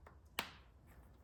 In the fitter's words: Hear that snap?